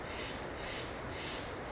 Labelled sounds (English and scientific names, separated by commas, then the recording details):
Steller's Jay (Cyanocitta stelleri)
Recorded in Sonoma County, California